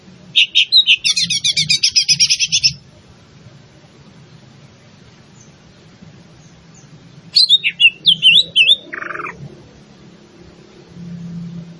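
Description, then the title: Greater green leafbird singing in two bursts, first a dense buzzy chatter for over two seconds, later a run of whistled notes ending in a lower slur. In full song, described by the Indonesian term gacor. "Cucak Ijo Gacor"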